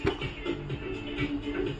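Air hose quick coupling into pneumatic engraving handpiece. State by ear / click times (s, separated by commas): seated / 0.1 s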